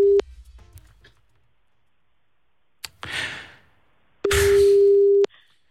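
A telephone ringing tone on an outgoing call: a steady, mid-low electronic hum sounds briefly, then again for about a second, with bursts of hissing noise between and over it.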